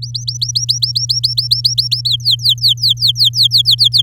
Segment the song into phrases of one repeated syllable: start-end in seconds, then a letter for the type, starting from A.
0.02-2.08 A, 2.09-4.02 B